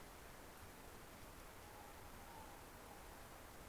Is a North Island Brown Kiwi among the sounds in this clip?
no